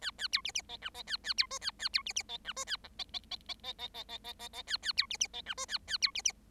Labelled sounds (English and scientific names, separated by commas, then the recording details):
Bengalese Finch (Lonchura striata domestica) song
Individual Bird7